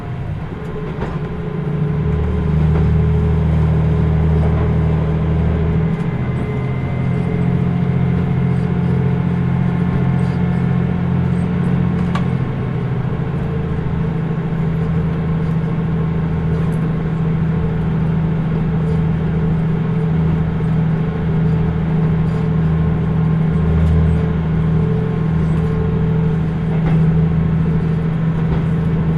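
Kyushu Odan limited express on the Hohi Line, Kumamoto to Tateno: a steady, loud low engine drone with humming tones that shift pitch around 2, 6 and 12 seconds, as if changing speed. Faint clicks and knocks dot the rumble throughout.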